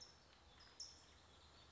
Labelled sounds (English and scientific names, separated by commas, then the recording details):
California Towhee (Melozone crissalis)
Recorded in Sonoma County, California